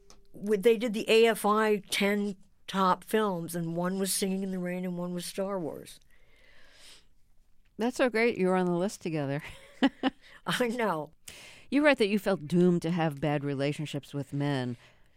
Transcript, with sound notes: they did the AFI 10 top films, and one was "Singing In The Rain" and one was "Star Wars."
That's so great you were on the list together. (Laughter).
I know.
You write that you felt doomed to have bad relationships with men